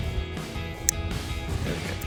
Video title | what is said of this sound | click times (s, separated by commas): 2021-2023 F-150 Raxiom CXR Series LED Headlights Review & Install | There, we got the click there. | 0.9 s